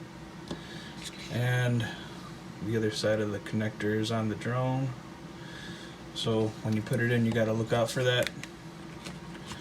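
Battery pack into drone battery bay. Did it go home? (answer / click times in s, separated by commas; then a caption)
no / none. A plastic battery pack for a Holy Stone HS450 drone is handled beside its battery bay on the drone body, with its small connector meant to mate with the one on the drone. Someone talks over a low steady hum, and a faint tap is heard near 0.5 s. The battery has not seated or clicked into the bay yet.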